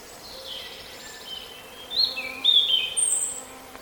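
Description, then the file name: European robin singing a few clear, high, sweet phrases with quick sliding notes around the middle, plus a thin very high note, set against faint constant background noise. "Erithacus rubecula"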